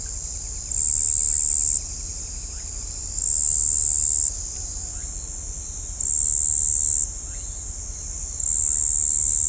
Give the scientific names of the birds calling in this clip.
none